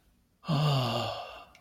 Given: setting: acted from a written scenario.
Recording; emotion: vocal sound without words; awe